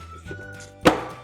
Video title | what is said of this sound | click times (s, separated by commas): Graco Turbo Booster 2.0 Highback Booster Car Seat Assembly And Installation | and they snap right in here. Just like that. | 0.9 s